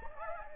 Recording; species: mosquito wingbeat signal from an infrared sensor; Anopheles gambiae